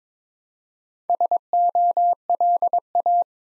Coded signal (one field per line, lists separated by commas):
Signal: Morse code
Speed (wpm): 22 wpm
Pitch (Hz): 700 Hz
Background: none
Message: SOLA